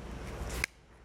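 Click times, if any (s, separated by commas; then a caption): 0.6 s. The two plastic halves of a plug-in fragrance diffuser's housing, fitted around a perfume refill bottle with the grooves lined up, are pushed together over a steady rustling handling noise. A short, sharp click sounds at 0.6 s as the housing snaps shut and seats, followed by near quiet.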